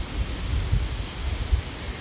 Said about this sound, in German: Jetzt wird es aber hier echt scheiße windig. Hast du da einen Puschel dabei? Nee, das ist jetzt auch nicht schön.